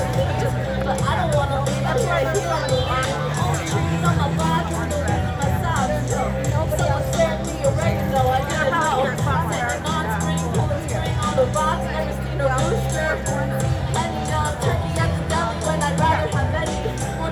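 A dense crowd fills the march for ending fossil fuels in New York City, with overlapping voices talking and calling out throughout. The babble stays steady and loud for the whole stretch, with a low rumble underneath and scattered brighter shouts rising above.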